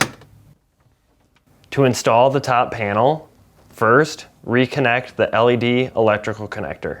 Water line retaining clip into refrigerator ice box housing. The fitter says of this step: position the black water line retaining clip with the guides facing out and push up to snap in place